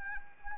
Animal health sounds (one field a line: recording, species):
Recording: mosquito wingbeat signal from an infrared sensor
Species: Anopheles arabiensis